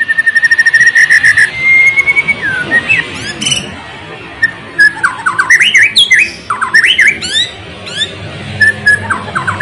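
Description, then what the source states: White-rumped shama song opening with a rapid run of level notes, then quick rising and falling whistled notes and sharp high flourishes. Constantly singing (gacor) white-rumped shama song, meant to make other birds respond and sing.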